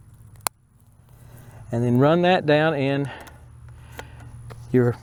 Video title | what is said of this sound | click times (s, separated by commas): 💦 INSTALLING AN AUTOMATIC IRRIGATION SYSTEM FOR CONTAINER VEGETABLES OR FLOWERS 🌱 STEP BY STEP 💦 | take that quarter inch barb you'll hear it snap in | 0.5 s